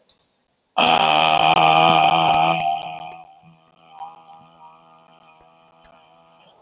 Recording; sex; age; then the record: vowel held as long as possible; male; 30 to 39 years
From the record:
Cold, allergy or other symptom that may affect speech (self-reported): no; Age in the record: 31 years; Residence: Arizona, United States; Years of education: 17